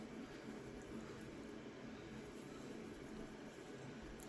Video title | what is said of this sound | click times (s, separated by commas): 2007 Storm Hawks figures by Spin Masters | You put it in till it snaps. | 4.2 s